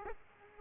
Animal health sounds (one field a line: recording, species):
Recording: mosquito wingbeat signal from an infrared sensor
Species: Aedes aegypti